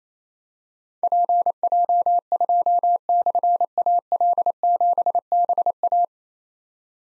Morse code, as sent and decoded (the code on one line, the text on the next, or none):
.--. .--- ..--- -..-. .- .-.. --... -... .-
PJ2/AL7BA